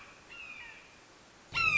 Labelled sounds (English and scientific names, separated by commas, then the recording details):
Red-shouldered Hawk (Buteo lineatus)
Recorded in Sonoma County, California